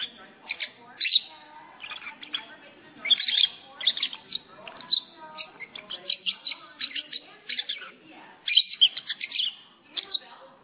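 Lovebird chattering with sharp, high chirps in irregular clusters, some louder squeaky notes standing out over a continuous busy twitter.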